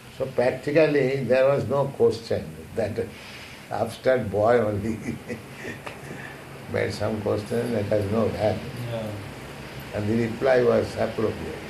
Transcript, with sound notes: So practically there was no question that upstart boy only [laughing] Made some question that had no value.
No.
And the reply was appropriate.